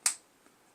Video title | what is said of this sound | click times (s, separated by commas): DJI Pocket 3 Creative Combo: What’s Inside? Price Breakdown! | it just pops in there you snap it | 0.1 s